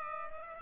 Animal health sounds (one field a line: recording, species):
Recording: mosquito wingbeat signal from an infrared sensor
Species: Culex pipiens